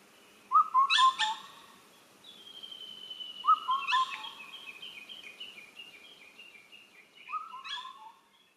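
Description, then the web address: Indian cuckoo giving short phrases of low whistled notes, repeated every few seconds, while another bird's high, stepped trilling song runs behind. Oita, Japan, 5 June 2021; shared as reference material. "1 shiryo koe segurokakko 210605 oita ikenaga"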